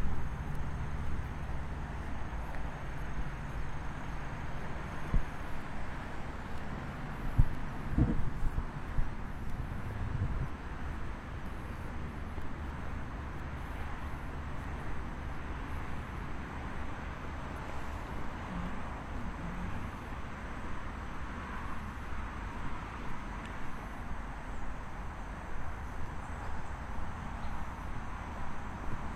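A walk outdoors at midday under cloudy skies, filled with a steady low rumble like passing traffic and a soft hiss above it. A few sharp knocks stand out around seven to eight seconds, then the wash of sound stays even to the end.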